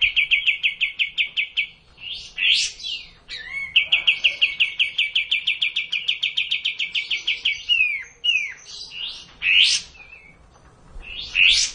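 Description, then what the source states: Hill blue flycatcher delivering long, steady trills of repeated chirping notes broken by loud rising whistled sweeps. Song delivered in the kapas tembak song style.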